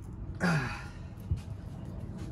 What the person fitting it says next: nice and tight and it still doesn't click